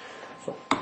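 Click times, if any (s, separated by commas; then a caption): 0.7 s. A forgotten plastic trim piece for the steering wheel and column area of a GK110 go-kart is pushed into place by hand. A single sharp click is heard at 0.7 s as it snaps right in and seats.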